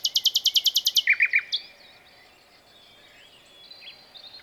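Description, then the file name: Common nightingale phrase: a fast run of loud, evenly repeated sharp notes, then a few lower notes, followed by faint quiet twittering. "Luscinia megarhynchos"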